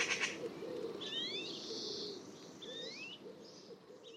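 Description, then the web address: Bird calls: a few faint whistled slurs, some rising and some falling, spaced throughout over a steady background hiss. "Bird Only More Classes Pi Pi Pi Pi"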